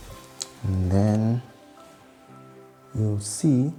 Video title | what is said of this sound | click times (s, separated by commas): AOC Q27B30E Unboxing & First Impressions - Is It Worth It in 2026 for SMM? | we'll hear that click. | 0.4 s